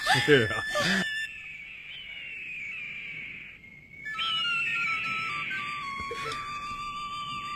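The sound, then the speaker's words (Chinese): A high, breathy eagle-flute melody played by a grandfather, a joyful tune calling mountain eagles, with long sustained notes and gentle bends and slides. It opens with a brief burst of laughter-like voices before the tune plays on alone. “别怕，爷爷吹的是欢乐的曲子，山鹰在和我们玩呢。”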